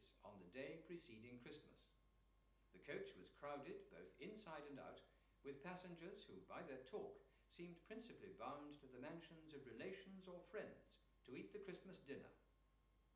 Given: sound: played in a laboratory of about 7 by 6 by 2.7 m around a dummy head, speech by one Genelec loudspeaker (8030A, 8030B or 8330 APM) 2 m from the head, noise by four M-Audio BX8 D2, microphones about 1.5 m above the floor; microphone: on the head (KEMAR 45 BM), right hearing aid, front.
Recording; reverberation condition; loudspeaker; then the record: male speech in English; medium; 60 degrees to the right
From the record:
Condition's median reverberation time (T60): about 510 ms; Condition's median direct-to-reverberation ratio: about -0.5 dB